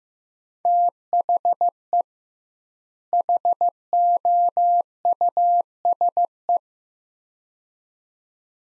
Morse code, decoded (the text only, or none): THE HOUSE